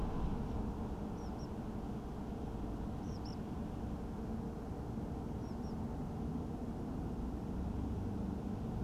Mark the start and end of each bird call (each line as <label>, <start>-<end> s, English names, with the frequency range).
Tree Pipit (4.5-6.3 kHz), 1.16-1.47 s
Tree Pipit (3.7-6.6 kHz), 3.02-3.35 s
Tree Pipit (4.3-6.2 kHz), 5.41-5.73 s